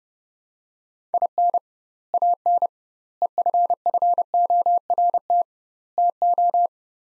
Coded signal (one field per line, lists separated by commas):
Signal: Morse code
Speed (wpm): 30 wpm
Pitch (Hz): 700 Hz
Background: none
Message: IN AN EFFORT TO